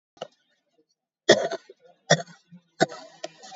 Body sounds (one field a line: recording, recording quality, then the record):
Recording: heavy voluntary cough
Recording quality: excellent, no background noise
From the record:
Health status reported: COVID-19 positive, moderate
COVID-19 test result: positive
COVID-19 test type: RT-PCR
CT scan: taken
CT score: 17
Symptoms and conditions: cough, cold, fatigue, asthma, hypertension, diabetes, another condition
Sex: female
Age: 56 years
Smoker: no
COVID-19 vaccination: one dose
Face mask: worn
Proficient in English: yes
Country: India